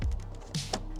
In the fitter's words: boom boom wow satisfying clicks done now